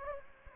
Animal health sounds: mosquito wingbeat signal from an infrared sensor; Anopheles gambiae

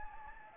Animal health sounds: mosquito wingbeat signal from an infrared sensor; Anopheles gambiae

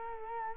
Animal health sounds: mosquito wingbeat signal from an infrared sensor; Culex quinquefasciatus

